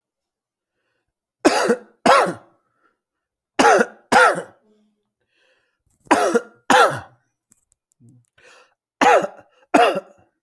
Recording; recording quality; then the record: heavy voluntary cough; excellent, no background noise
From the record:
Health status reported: healthy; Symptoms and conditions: none ticked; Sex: male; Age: 54 years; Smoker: not ticked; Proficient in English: yes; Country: India